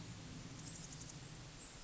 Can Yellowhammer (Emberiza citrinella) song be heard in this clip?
no